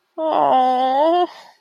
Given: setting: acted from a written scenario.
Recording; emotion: vocal sound without words; sympathy